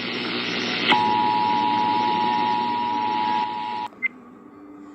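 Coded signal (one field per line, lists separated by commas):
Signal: Emergency Alert System (SAME) tones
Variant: 853 and 960 Hz attention tone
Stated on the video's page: Iowa Required Monthly Test originated from an AM station and relayed on all Iowa radio and TV stations.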